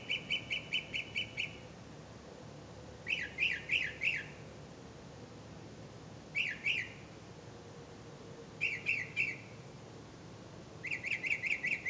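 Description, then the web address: Bird calls: five bursts of quick, chattering trilled notes separated by pauses. "misc bird"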